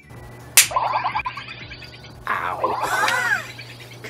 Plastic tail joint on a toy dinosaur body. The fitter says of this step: did you hear that snap it was like breaking his tail and then his dorsal fin likes up